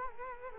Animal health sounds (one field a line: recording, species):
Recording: mosquito wingbeat signal from an infrared sensor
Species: Culex quinquefasciatus